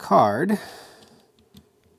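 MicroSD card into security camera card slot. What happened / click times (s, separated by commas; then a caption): A small memory card is being handled near its slot but has not latched yet / none. A 128 GB Extreme Plus microSD card is handled at the spring-loaded card slot behind a screwed cover on a Reolink Duo 3 PoE 16MP security camera. Someone talks briefly, followed by a few faint ticks of handling. The card has not seated or clicked into the slot yet.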